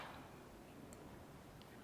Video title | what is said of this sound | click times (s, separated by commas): How to Wire Your K Swap Harness for KTuner | click dead we're good to go | 0.9 s, 1.6 s